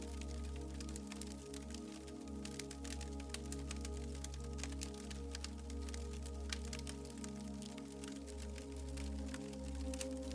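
A fire crackles, with sharp pops and snaps scattered densely and irregularly throughout. Beneath it, soft music holds low, sustained tones that barely change, giving a steady, warm bed under the constant crackling.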